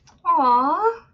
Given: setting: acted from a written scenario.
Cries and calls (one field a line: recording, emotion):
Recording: vocal sound without words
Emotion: adoration